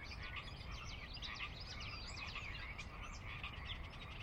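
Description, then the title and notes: Pacific chorus frogs calling in a thick chorus with rapid high chirps layered on top and a low constant rumble. Chorus on the valley floor of Sinlahekin Valley, Sinlahekin Wildlife Area, Washington, near the Cascades' northeastern slope; glacier-dug valley of ranch land and refuge; at dusk; frogs ever-present, a Northwest soundscape fixture. "Sinlahekin Valley dusk. the ever-present Pacific Chorus Frogs that are a fixture of the Northwest Soundscape"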